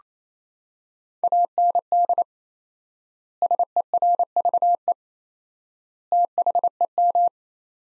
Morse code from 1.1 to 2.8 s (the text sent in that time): AND